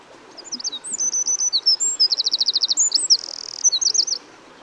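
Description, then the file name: Eurasian wren singing a long, loud, high-pitched song, a fast tumbling mix of sharp notes, buzzy trills and rattles running for about four seconds. "Troglodytes troglodytes"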